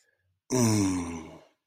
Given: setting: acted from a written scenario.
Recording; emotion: vocal sound without words; romantic love